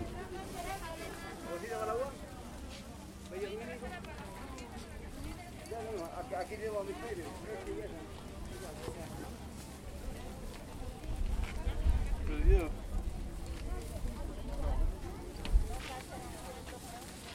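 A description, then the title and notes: Sellers call out and chat with customers at a Chilean food market, overlapping voices steady throughout with louder bursts near twelve seconds. Chilean food market walkthrough. Interactions of the local rotatory food market in Calama, Chile. You can hear the sellers offering their's differents products and the interaction with clients, as I walked thourght the market. Recorded by Diego Villalobos S.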